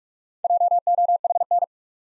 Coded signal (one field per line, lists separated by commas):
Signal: Morse code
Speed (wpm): 46 wpm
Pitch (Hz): 700 Hz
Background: none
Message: JOHN